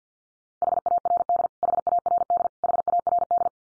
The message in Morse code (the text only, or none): HARD HARD HARD